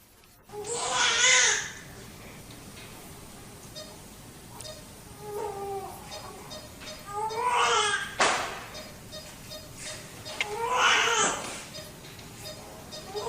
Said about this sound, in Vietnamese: Cuối cùng, bên ngoài cũng được nghe tiếng khóc nỉ non của trẻ sơ sinh.